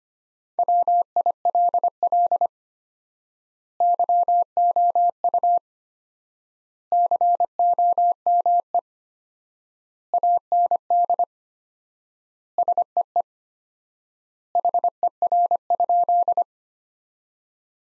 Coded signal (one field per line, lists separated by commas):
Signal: Morse code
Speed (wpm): 25 wpm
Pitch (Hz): 700 Hz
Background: none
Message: WILL YOU COME AND SEE HER?